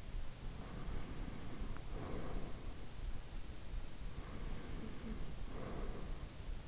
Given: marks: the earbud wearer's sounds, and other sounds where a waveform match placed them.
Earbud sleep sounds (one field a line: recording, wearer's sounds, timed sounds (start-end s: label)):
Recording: sounds in sleep by an in-ear microphone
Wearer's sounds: breath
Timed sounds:
0.41-2.81 s: breath
3.76-6.22 s: breath